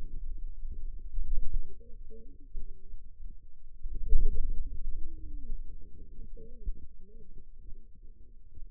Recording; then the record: forearm muscle sounds (acoustic myography)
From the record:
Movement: finger pinch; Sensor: system 2, bracelet of six BSWA MPA416 microphones around the upper forearm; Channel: 2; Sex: female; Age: 21 years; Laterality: right